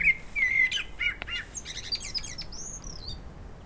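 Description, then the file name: Common blackbird's mellow whistles give way to a rapid, scratchy high twitter and a thin, arched squeal at the close. "Turdus merula"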